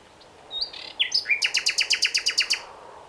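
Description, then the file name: Common nightingale song phrase: a few clear whistled notes, then a fast, loud run of about a dozen identical sharp notes delivered in under two seconds. "Luscinia megarhynchos"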